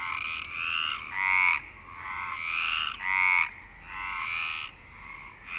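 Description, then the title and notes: Frogs giving harsh, pulsed croaks in overlapping bursts, some louder and rattling, with other frogs calling behind. Frogs in Parc Longchamp, Marseille, Provence-Alpes-Côte d'Azur, France, 26 March 2011 at 19:35, recorded with a MixPre-6 and Basic UCHO. "Marseille, Provence-Alpes-Côte d'Azur, France - 26_03_11_19_35 Longchamps_004 grenouilles. Grenouilles au parc de Longchamp MIXPRE 6 + BASIC UCHO"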